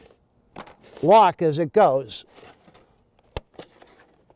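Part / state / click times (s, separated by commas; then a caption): vinyl window sill into sill receiver trim / seated / 3.4 s. A vinyl window sill trim piece is pushed into the sill receiver nailed along the window opening, and it walks along as it engages while someone talks. A sharp, bright snap at 3.4 s locks the sill into the receiver, followed by a few faint ticks.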